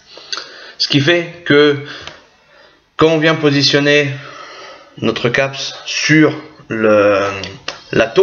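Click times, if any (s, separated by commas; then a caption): none. Someone talks while handling the metal cap of a rebuildable vape atomizer (Smok RSST), bringing it toward the atomizer body, with a brief sharp tick at 0.3 s. The cap has not snapped on yet; nothing has seated or clicked.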